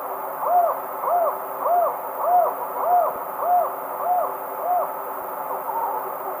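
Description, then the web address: Tropical screech owl duet, a purring run of evenly spaced arched hoots roughly every 0.6 seconds, ending with softer trailing calls. Duet; eastern lowlands of South America. "Natures Songs S America Eastern Lowlands Megascops choliba, duet"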